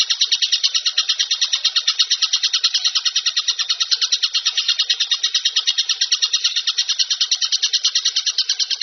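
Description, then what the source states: Bird song of rapid, evenly repeated high chirps forming a dense, rattling trill that keeps going without pause. Masteran bird-song compilation, described as the most complete.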